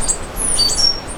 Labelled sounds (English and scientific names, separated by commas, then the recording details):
Stitchbird (Notiomystis cincta) song
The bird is a male
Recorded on Tiritiri Matangi Island, New Zealand, in 2005
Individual 9, of nest box 11